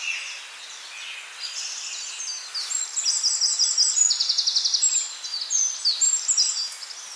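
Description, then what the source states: Birdsong: high-pitched twittering, with a fast dry trill near the middle and several thin whistled notes. Bourne Woods, morning of 2 May 2020 at 08:04.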